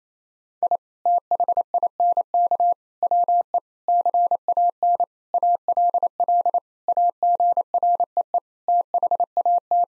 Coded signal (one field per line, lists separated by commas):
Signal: Morse code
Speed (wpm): 28 wpm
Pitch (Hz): 700 Hz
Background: none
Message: I THINK WE CAN ALL AGREE THAT